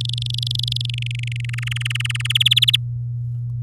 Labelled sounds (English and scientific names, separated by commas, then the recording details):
Domestic Canary (Serinus canaria) song
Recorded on 9 May 2018 at 07:24
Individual llb16